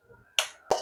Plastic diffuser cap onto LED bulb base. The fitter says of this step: ఈ క్యాప్ మనం ఇలా తగిలించకూడదు ఇలా నొక్కిస్తే లాక్ అయింది అయిపోద్ది అన్నమాట ఇక్కడ